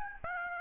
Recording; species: mosquito wingbeat signal from an infrared sensor; Aedes albopictus